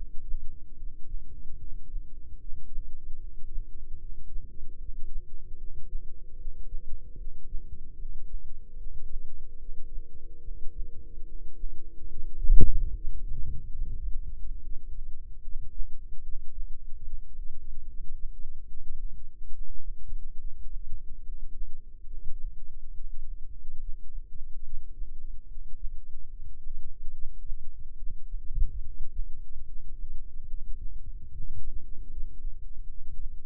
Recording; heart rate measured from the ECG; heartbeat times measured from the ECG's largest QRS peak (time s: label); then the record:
heart sounds by microphone in the left ear; 73 bpm
0.74 s: heartbeat
1.56 s: heartbeat
2.36 s: heartbeat
3.16 s: heartbeat
3.96 s: heartbeat
4.76 s: heartbeat
5.55 s: heartbeat
6.35 s: heartbeat
7.14 s: heartbeat
7.94 s: heartbeat
8.74 s: heartbeat
9.56 s: heartbeat
10.40 s: heartbeat
11.24 s: heartbeat
12.08 s: heartbeat
12.92 s: heartbeat
13.76 s: heartbeat
14.59 s: heartbeat
15.40 s: heartbeat
16.20 s: heartbeat
17.01 s: heartbeat
17.83 s: heartbeat
18.65 s: heartbeat
19.48 s: heartbeat
20.34 s: heartbeat
21.21 s: heartbeat
22.06 s: heartbeat
22.92 s: heartbeat
23.76 s: heartbeat
24.61 s: heartbeat
25.45 s: heartbeat
26.27 s: heartbeat
27.10 s: heartbeat
27.94 s: heartbeat
28.79 s: heartbeat
29.63 s: heartbeat
30.45 s: heartbeat
31.27 s: heartbeat
32.07 s: heartbeat
32.84 s: heartbeat
From the record:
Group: healthy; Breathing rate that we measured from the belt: 18 breaths a minute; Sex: female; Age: 43 years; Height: 160 cm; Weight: 90 kg